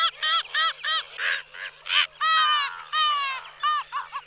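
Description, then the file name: Slender-billed gull calls: a quick series of nasal, harmonic notes, each slightly downslurred, with a few longer drawn-out cries among them and short gaps between. "racek-tenkozobý"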